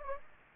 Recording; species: mosquito wingbeat signal from an infrared sensor; Anopheles gambiae